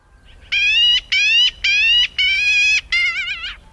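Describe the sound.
Black-billed Magpie calls: five drawn-out, harmonic-rich notes in a row, the last one wavering.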